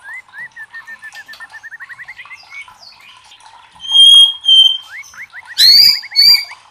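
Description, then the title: White-rumped shama song: long run of quick rising whistled notes, then clear ringing whistles and loud harsh buzzy phrases. Training recording (masteran) used to teach song to caged birds; titled labaik. "MASTERAN MURAI BATU LABAIK"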